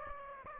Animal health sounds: mosquito wingbeat signal from an infrared sensor; Aedes aegypti

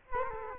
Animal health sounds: mosquito wingbeat signal from an infrared sensor; Culex quinquefasciatus

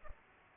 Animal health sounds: mosquito wingbeat signal from an infrared sensor; Culex pipiens

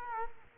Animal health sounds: mosquito wingbeat signal from an infrared sensor; Culex quinquefasciatus

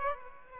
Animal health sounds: mosquito wingbeat signal from an infrared sensor; Aedes aegypti

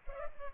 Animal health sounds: mosquito wingbeat signal from an infrared sensor; Culex pipiens

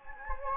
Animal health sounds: mosquito wingbeat signal from an infrared sensor; Anopheles gambiae

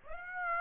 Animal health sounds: mosquito wingbeat signal from an infrared sensor; Aedes aegypti

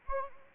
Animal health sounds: mosquito wingbeat signal from an infrared sensor; Anopheles arabiensis

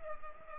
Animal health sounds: mosquito wingbeat signal from an infrared sensor; Culex pipiens

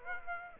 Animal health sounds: mosquito wingbeat signal from an infrared sensor; Aedes aegypti

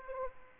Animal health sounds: mosquito wingbeat signal from an infrared sensor; Aedes aegypti

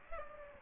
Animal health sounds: mosquito wingbeat signal from an infrared sensor; Aedes aegypti

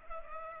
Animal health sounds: mosquito wingbeat signal from an infrared sensor; Culex pipiens

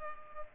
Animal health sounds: mosquito wingbeat signal from an infrared sensor; Culex pipiens

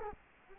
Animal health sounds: mosquito wingbeat signal from an infrared sensor; Culex quinquefasciatus

